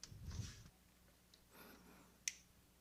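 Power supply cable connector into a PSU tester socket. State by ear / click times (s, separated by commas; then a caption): seated / 2.3 s. The cable connector of a new power supply is pushed into a PSU tester socket to check it before installing. After some soft handling and rustling, a sharp click is heard at 2.3 s as the connector seats properly.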